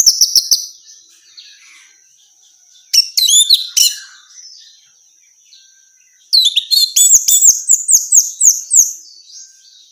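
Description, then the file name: Orange-headed thrush calling in three rapid bursts of chirping, squeaky notes, the last burst longest and most varied, with a constant thin high whine running underneath. Female bird. "suara burung anis merah betina"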